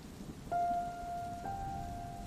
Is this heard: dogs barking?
no